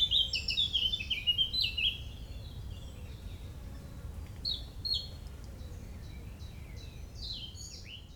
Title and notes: Oiseaux des Beaumonts le 27 mai 2018. Parc des Beaumonts, 16 Avenue Jean Moulin, 93100 Montreuil, France. Tôt le matin dans le parc des Beaumonts à Montreuil (93), prise de son d'oiseaux